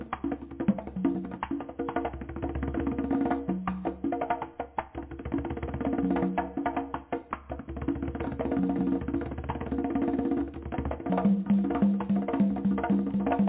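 Drumming with fast, dense hits over a low droning bass line, sounding muffled and dull, with a short lull near four seconds.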